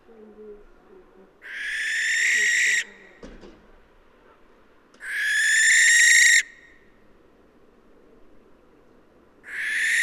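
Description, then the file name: Western barn owl uttering repeated harsh hissing screeches roughly every three to four seconds, with a brief click between. "Western Barn Owl Tyto alba"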